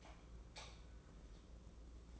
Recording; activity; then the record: daily activity, microphone in the room; light off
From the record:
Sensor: 1